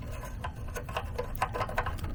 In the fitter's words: twist it until it clicks